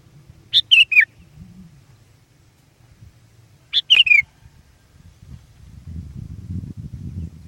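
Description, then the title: Sooty-headed bulbul song: two chattering, bubbly phrases of three or four descending liquid notes, a few seconds apart, with low rumbling noise rising near the end. "kutilang"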